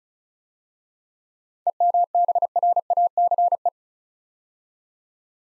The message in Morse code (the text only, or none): EMBRACE